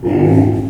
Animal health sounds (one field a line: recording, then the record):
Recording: squeal of a Yucatan mini pig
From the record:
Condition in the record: before surgery on the right vocal fold (resection and tissue-engineered implant)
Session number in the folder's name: 2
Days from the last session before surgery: -15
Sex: female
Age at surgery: 19 weeks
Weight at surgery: 25 kg